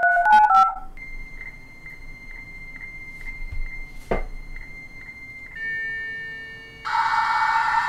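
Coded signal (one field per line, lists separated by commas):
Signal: dial-up modem handshake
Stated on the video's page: Modem and dialer sounds from a software simulator of the WOPR and IMSAI 8080 computers in the 1983 film Wargames.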